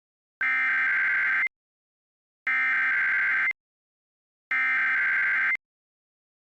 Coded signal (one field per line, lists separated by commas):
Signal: Emergency Alert System (SAME) tones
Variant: header bursts